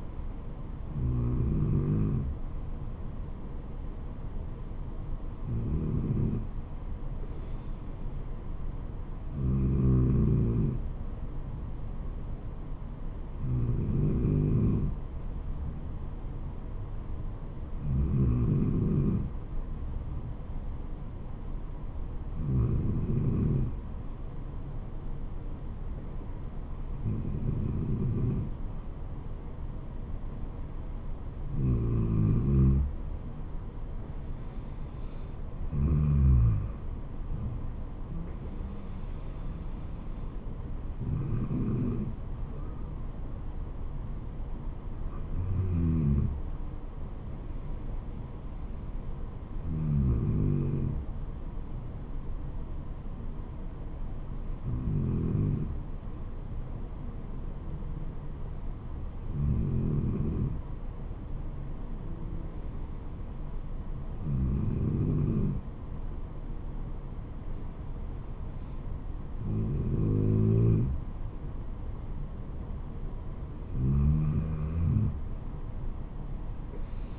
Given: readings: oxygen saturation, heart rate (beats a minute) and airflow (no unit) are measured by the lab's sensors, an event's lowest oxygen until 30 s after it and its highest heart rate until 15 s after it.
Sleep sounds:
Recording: breathing in sleep by a smartphone at the bedside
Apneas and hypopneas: none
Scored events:
none scored
From the record:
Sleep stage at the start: N2 (light sleep)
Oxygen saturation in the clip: 93 to 94%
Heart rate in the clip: 66 to 76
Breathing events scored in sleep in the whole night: 426 in 7.4 hours asleep

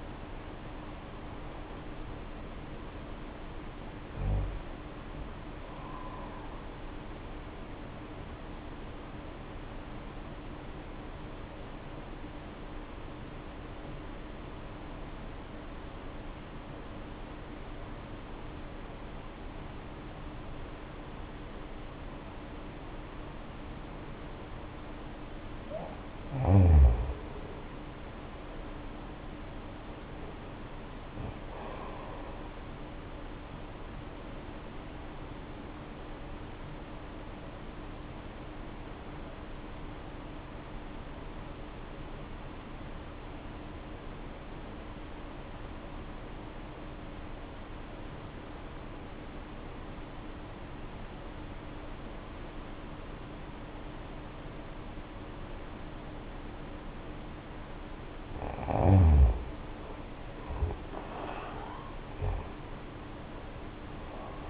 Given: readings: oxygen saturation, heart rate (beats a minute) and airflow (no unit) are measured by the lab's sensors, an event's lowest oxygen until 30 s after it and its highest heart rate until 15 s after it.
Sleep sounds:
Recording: breathing in sleep by a voice recorder at the bedside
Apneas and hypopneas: 2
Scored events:
14.00-25.40 s: obstructive apnea (N1, oxygen 95% highest, then 82% lowest, heart rate 60 at the start, 76 highest)
28.00-64.50 s: new sleep stage, N2 (light sleep)
38.00-58.00 s: obstructive apnea (N2, oxygen 93% highest, then 80% lowest, heart rate 61 at the start, 74 highest)
From the record:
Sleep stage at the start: N1 (lightest sleep)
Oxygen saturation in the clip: 82 to 96%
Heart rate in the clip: 54 to 76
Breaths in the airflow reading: 7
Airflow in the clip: -12.2 to 10.2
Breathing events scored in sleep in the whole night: 520 in 7.2 hours asleep

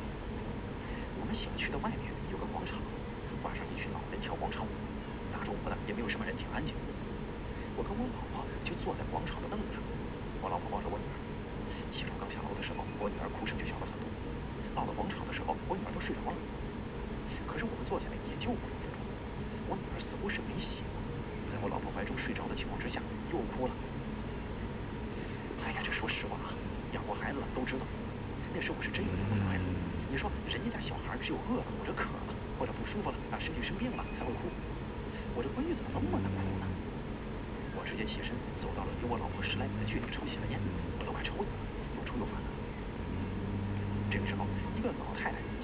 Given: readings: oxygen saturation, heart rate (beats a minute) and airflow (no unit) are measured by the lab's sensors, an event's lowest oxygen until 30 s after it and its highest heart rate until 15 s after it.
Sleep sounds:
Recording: breathing in sleep by a voice recorder at the bedside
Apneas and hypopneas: 1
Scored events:
4.00-23.70 s: hypopnea (N2, oxygen 95% highest, then 92% lowest)
From the record:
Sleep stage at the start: N2 (light sleep)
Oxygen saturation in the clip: 92 to 95%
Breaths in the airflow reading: 13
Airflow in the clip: -2.0 to 3.2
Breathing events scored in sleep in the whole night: 335 in 6.7 hours asleep

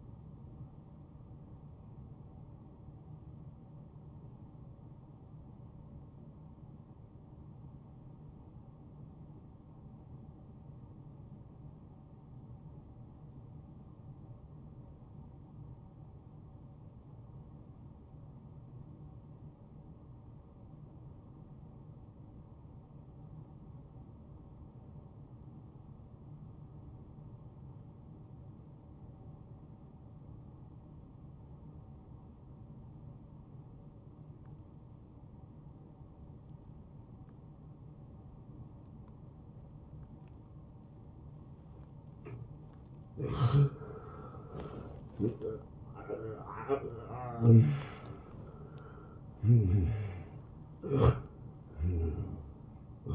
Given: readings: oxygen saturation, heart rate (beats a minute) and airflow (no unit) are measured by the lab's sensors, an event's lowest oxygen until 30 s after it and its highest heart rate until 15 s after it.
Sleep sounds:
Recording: breathing in sleep by a smartphone at the bedside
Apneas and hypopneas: 1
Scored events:
10.00-43.60 s: obstructive apnea (N1, oxygen 96% highest, then 84% lowest)
From the record:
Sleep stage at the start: N1 (lightest sleep)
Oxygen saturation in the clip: 84 to 96%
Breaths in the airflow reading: 4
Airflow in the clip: -19.0 to 13.4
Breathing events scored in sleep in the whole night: 263 in 5.5 hours asleep

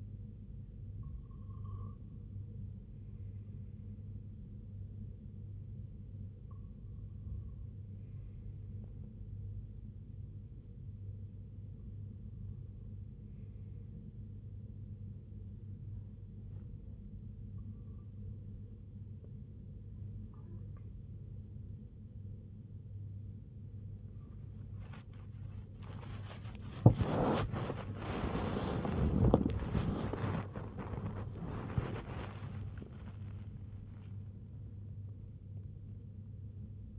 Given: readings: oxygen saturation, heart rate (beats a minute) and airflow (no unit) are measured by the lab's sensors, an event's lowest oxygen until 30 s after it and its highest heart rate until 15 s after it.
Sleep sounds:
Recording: breathing in sleep by a smartphone at the bedside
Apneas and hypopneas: 1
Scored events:
12.00-29.20 s: hypopnea (REM, oxygen 97% highest, then 96% lowest, heart rate 70 at the start, 91 highest)
15.00-36.98 s: new sleep stage, N1 (lightest sleep)
From the record:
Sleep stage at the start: REM sleep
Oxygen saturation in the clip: 95 to 97%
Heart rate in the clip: 62 to 91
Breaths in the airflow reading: 6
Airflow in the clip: -9.6 to 14.1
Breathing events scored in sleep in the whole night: 258 in 7.4 hours asleep

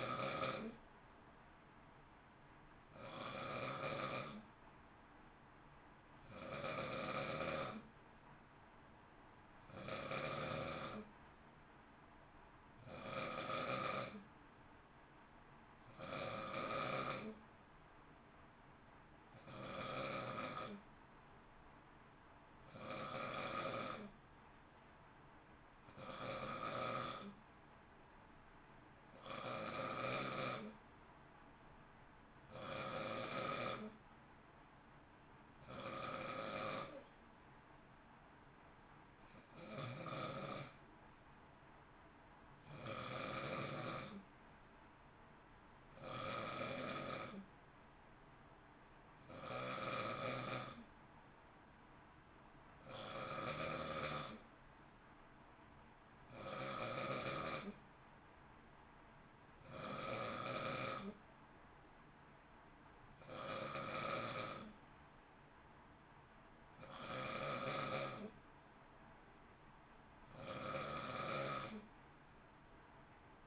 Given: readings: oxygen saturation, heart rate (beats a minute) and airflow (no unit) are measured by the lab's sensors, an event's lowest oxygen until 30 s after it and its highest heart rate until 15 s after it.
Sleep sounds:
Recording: breathing in sleep by a voice recorder at the bedside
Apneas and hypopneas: none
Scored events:
9.00-39.00 s: new sleep stage, N1 (lightest sleep)
39.00-73.47 s: new sleep stage, N2 (light sleep)
From the record:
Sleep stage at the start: N2 (light sleep)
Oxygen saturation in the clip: 91 to 92%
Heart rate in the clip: 54 to 59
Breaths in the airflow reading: 25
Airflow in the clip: -0.8 to 0.7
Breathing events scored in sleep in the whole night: 328 in 6.3 hours asleep

